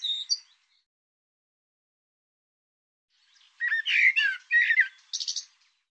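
Bird song: a brief chirp at the start, a long silence, then a quick run of chattering, squeaky and whistled notes ending in a buzzy burst.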